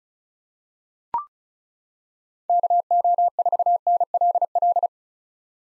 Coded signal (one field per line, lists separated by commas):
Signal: Morse code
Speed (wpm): 36 wpm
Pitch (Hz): 700 Hz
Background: none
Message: KO4NLL